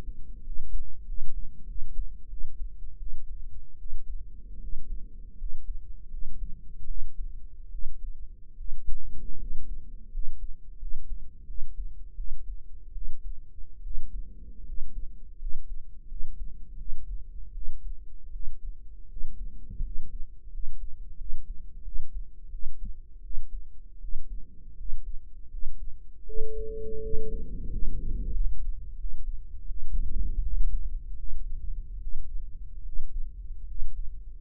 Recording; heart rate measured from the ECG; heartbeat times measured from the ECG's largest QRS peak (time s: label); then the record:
heart sounds by microphone in the right ear; 81 bpm
0.43 s: heartbeat
1.05 s: heartbeat
1.66 s: heartbeat
2.29 s: heartbeat
2.98 s: heartbeat
3.77 s: heartbeat
4.60 s: heartbeat
5.37 s: heartbeat
6.10 s: heartbeat
6.86 s: heartbeat
7.70 s: heartbeat
8.56 s: heartbeat
9.38 s: heartbeat
10.10 s: heartbeat
10.78 s: heartbeat
11.46 s: heartbeat
12.16 s: heartbeat
12.93 s: heartbeat
13.82 s: heartbeat
14.65 s: heartbeat
15.38 s: heartbeat
16.07 s: heartbeat
16.77 s: heartbeat
17.53 s: heartbeat
18.31 s: heartbeat
19.08 s: heartbeat
19.82 s: heartbeat
20.50 s: heartbeat
21.17 s: heartbeat
21.83 s: heartbeat
22.50 s: heartbeat
23.22 s: heartbeat
24.00 s: heartbeat
24.76 s: heartbeat
25.49 s: heartbeat
26.25 s: heartbeat
27.01 s: heartbeat
27.69 s: heartbeat
28.33 s: heartbeat
28.96 s: heartbeat
29.66 s: heartbeat
30.42 s: heartbeat
31.15 s: heartbeat
31.99 s: heartbeat
32.83 s: heartbeat
33.66 s: heartbeat
From the record:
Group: healthy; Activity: rest 0-26 s, breath hold 26-34 s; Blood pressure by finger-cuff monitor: 124/67 mmHg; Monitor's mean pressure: 81 mmHg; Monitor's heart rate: 82 bpm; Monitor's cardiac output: 7.6 L/min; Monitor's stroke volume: 92 mL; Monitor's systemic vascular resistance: 760 dyn s/cm5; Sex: male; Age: 23 years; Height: 179 cm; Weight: 87 kg